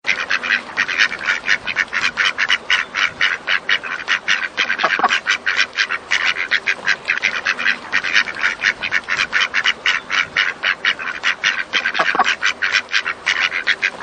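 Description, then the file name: Ducks quacking, a dense, continuous chorus of overlapping nasal quacks from several birds, rising and falling in loudness throughout without pause. Ducks on a lake. "Canards sur le lac"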